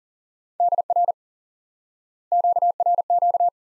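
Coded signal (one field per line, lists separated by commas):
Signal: Morse code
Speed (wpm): 40 wpm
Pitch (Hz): 700 Hz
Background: none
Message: DR QRQ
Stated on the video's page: High-speed (QRQ) Morse lesson teaching common QSO elements by instant word recognition.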